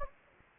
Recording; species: mosquito wingbeat signal from an infrared sensor; Anopheles gambiae